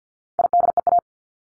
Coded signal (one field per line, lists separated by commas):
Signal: Morse code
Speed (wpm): 50 wpm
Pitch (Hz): 700 Hz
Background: none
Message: IDEA